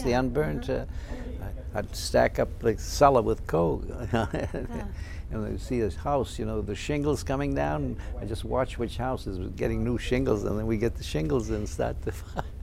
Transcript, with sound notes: The unburned. I'd stack up the cellar with coal. ( he laughs ) You know, you see his house, you know, the shingles coming down, and just watch which houses were getting new shingles, and then we'd get the shingles and start the fire.